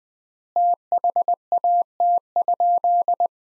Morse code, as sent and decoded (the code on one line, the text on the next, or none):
- .... .- - ..--..
THAT?